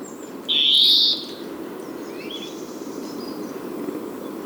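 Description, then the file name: European greenfinch giving one drawn-out, nasal wheezing note lasting over half a second, over a steady low rushing background noise. "Chloris chloris"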